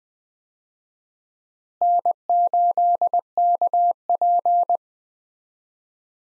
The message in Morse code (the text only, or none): N8KP